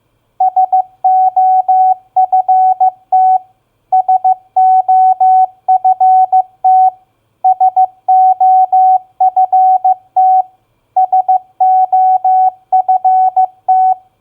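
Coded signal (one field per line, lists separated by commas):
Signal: Morse code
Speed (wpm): 15 wpm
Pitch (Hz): 750 Hz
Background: none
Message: SOFT SOFT SOFT SOFT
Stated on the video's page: Morse word-recognition practice of common four-letter words at 15 wpm.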